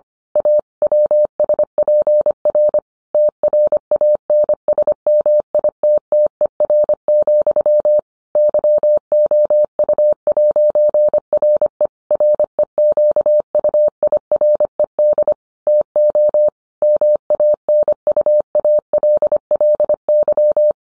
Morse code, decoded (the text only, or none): A WSPR TRANSMITTER, YOU'RE REQUIRED TO MANUALLY